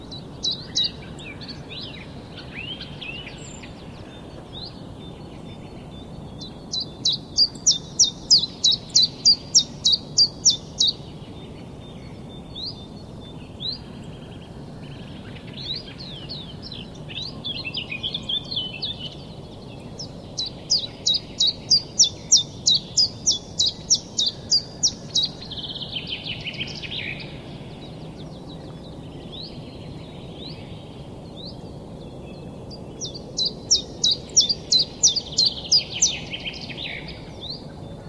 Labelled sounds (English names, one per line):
Common Chiffchaff